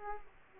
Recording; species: mosquito wingbeat signal from an infrared sensor; Aedes aegypti